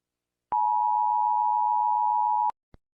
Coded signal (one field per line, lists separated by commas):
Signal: Emergency Alert System (SAME) tones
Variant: 853 and 960 Hz attention tone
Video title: EAS Severe T-Storm Warning (Sun, May 19, 2024)